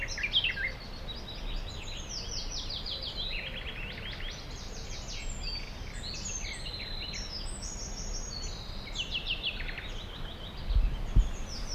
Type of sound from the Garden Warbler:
song